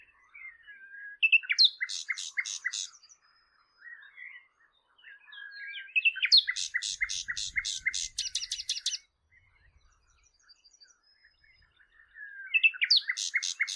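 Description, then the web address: Bird song of rapid, sharp repeated notes in long chattering runs, the longest about three seconds, with softer warbled phrases and high chirps between them. "Bird Only"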